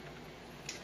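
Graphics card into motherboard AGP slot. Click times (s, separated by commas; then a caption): 0.7 s. A large Voodoo 5 6000 graphics card is pressed down into a motherboard AGP slot against a steady low background hiss. A single faint, short click from the slot's retention latch comes at 0.7 s as the card seats.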